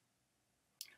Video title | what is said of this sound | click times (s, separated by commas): Dialysis, twister measurement of arteriovenous fistula flow | le twister dans les sens inverses des aiguilles d'une montre jusqu'au clic. | 0.8 s